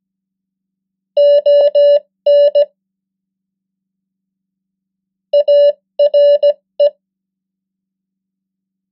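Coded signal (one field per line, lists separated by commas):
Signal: Morse code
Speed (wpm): 17 wpm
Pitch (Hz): 580 Hz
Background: none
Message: ON ARE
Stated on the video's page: The 100 most common English words in Morse at 15 wpm, as practice.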